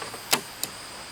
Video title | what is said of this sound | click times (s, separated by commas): You Dont Need Subwoofers: Why this Dasaita Headunit is a Better Upgrade for your Toyota 4Runner | pops right in that's it | 0.3 s, 0.6 s